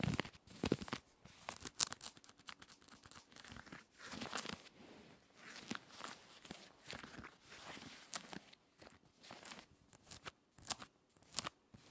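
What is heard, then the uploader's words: Rough, aggressive scratching on jeans, a dense run of fabric rasps that come in quick bursts. The strokes are bright and scratchy, uneven in rhythm, with sharp louder scrapes near two, four and ten seconds and brief quieter gaps between flurries. ASMR Aggressive Jean Scratching Clothing Sounds to Help you Tingle and Sleep Denim Fabric.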